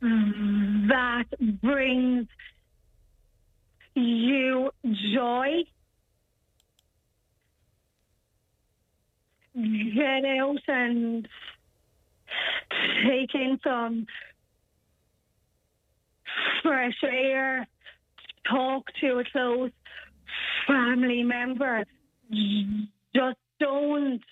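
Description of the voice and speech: A young woman from Carrick-on-Shannon, diagnosed with cerebral palsy as a child, speaks in short bursts of two or three words separated by long silent gaps, with stretched consonants and drawn-out sounds at word starts. This slow, broken flow fits stammering, a speech impediment.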